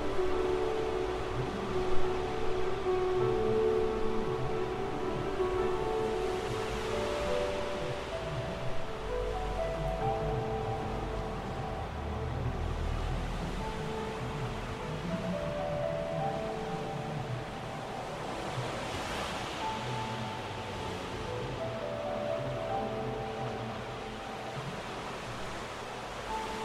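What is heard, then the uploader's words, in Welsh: Piano notes ring out in soft, sustained tones over a recording of the sea at Aberystwyth. A steady wash of surf fills the low end throughout, with brighter swells rising around seven and nineteen seconds while the held notes slowly change. Cyfansoddiad ar gyfer y piano, gyda recordiad o'r môr yn Aberystwyth.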